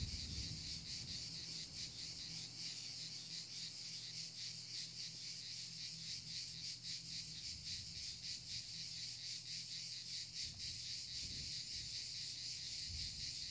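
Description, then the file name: Cricket chirping, an unbroken high trill in rapid pulses, steady for the whole stretch, with a faint low hum beneath. Recorded in the mountains. "Cricket Sounds From Mountains"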